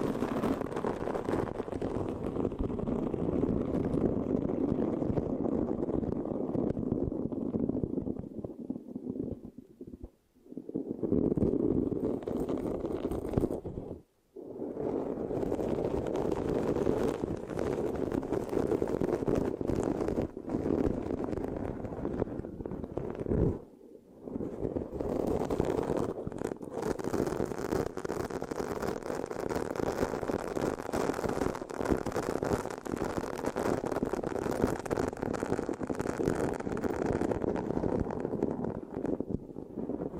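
Mic scratching fills nearly the whole stretch, a dense, rough, continuous rubbing that is strongest in the low and middle range, with brighter crackles on top. Brief pauses break it near 10, 14 and 24 seconds before the scratching resumes. No voice is heard.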